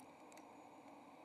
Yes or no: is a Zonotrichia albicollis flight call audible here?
no